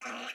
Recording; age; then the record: pig call; piglet (1 to 25 days)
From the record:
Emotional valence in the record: negative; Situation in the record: restrain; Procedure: in the arms of a person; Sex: female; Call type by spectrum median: low-frequency call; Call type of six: mixed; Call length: 0.35 s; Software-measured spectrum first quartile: 970 Hz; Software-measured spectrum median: 1759 Hz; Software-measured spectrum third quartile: 2801 Hz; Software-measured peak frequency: 2555 Hz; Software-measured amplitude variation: 102 dB a second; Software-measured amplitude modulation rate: 18.7 a second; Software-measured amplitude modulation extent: 5.4 dB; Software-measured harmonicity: 0.3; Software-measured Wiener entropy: -0.86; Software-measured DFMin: 1068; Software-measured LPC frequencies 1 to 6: 705, 1380, 2487, 3933, 5544, 6248 Hz